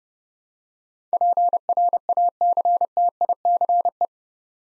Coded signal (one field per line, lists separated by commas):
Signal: Morse code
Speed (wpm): 30 wpm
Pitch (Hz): 700 Hz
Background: none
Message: PRACTICE